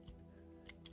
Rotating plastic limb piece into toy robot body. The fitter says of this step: it will pop into place and I've got to pop back out without too much problem so